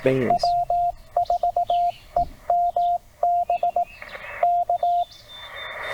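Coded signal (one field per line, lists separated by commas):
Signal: Morse code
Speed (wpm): 18 wpm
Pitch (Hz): 700 Hz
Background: speech, radio noise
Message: W4EMB K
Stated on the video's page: CW POTA activation from a Tennessee state park using TR45L Skinny radio, MC-750 vertical whip with four radials, Bamatech TP III key, 12 Ah battery.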